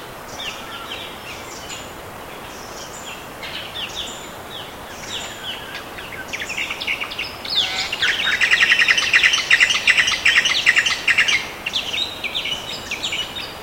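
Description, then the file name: Bird calls, quick high chirps and twitters, sparse at first, then a dense, loud burst of overlapping chatter in the middle before easing off, over steady background hiss. "SABIOD 50 bird 2015"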